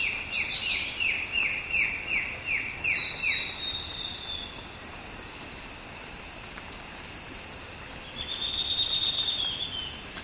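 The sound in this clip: Bird repeats a falling, slurred note in a quick series for about three seconds, then stops, leaving a steady shrill insect chorus.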